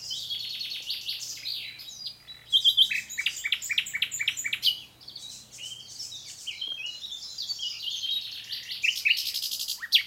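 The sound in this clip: Common nightingale song, a dense, varied jumble of fast trills, chirps and sharp notes with hardly any pauses.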